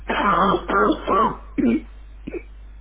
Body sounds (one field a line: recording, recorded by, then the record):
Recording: voluntary cough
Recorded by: telephone call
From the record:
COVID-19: positive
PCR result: checked with the laboratory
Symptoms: yes